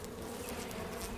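Bees giving a continuous, even buzzing drone.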